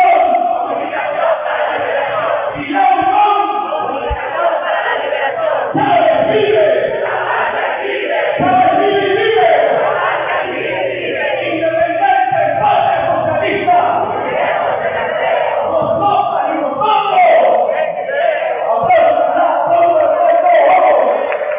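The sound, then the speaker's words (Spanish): A large crowd at the Universidad Internacional de las Comunicaciones shouts the university's rhythmic chant together, counting 'uno, dos, tres' and calling 'Comunicación para la liberación', voices loud and dense throughout, rising and falling in energetic bursts like a collective battle cry. “El grito de nuestra Universidad Internacional de la Comunicación. Vamos al grito.”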